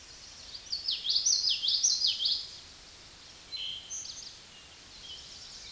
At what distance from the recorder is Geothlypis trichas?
about 10 m